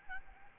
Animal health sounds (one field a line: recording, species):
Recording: mosquito wingbeat signal from an infrared sensor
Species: Aedes albopictus